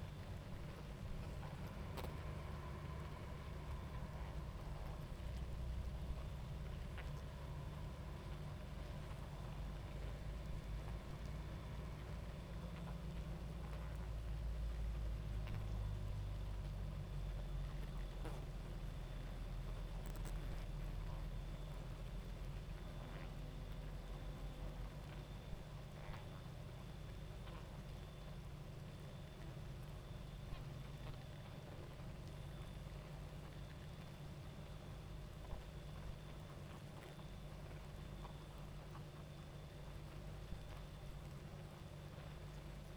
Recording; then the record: honeybee colony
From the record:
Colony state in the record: active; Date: 28 July 2017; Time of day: 23:07